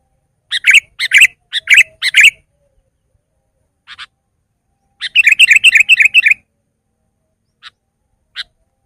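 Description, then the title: Sooty-headed bulbul singing quick bright chirps, then a fast rippling chatter run and a few scattered single notes. "kutilang"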